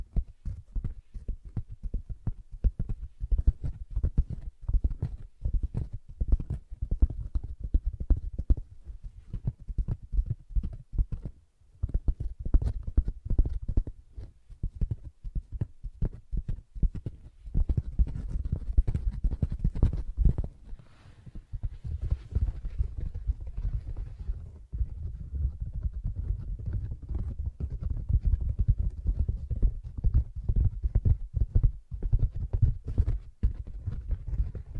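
Soft tapping and scratching on a fabric surface, a dense run of muffled, low thumps and brushy scrapes that continues for the whole clip. The taps come quickly and unevenly, with brief pauses near 11 and 25 seconds, and a busier stretch around 18 to 20 seconds.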